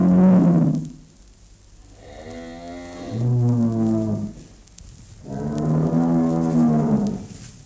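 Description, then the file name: Bull bellowing: a deep moo trailing off, then two more long, resonant lowing calls. "Stier Sound Cloud Beeld en Geluid"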